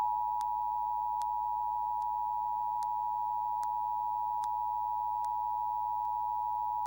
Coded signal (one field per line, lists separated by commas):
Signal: Emergency Alert System (SAME) tones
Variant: 853 and 960 Hz attention tone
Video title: WBOC Emergency Alert System - Required Monthly Test (March 30, 2022)